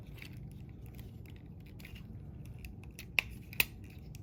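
The plastic cab side panel of a Transformers Kingdom Deluxe Class Huffer robot toy is pushed down so its tabs go into the notches on the forearms, with faint handling noise beforehand. A sharp click at 3.2 s marks the panel snapping into place, followed by a second click at 3.6 s. The panel is seated and secured.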